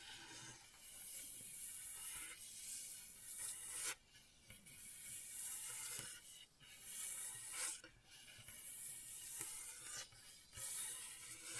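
Gentle scratching with a soft, bright, hissing rasp that runs almost continuously, like fingertips brushing a textured surface. Short pauses break it near 4, 6.5, 8 and 10.5 seconds before the strokes resume at a steady, moderate level.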